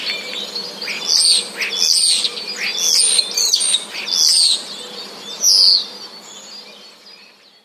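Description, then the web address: Common starling song made of bright, loud chirping notes in several short bursts, with softer clicks between and a fading end. Starlings singing; song contains borrowings from sparrow sounds. "wroblowe zapozyczenia szpaki"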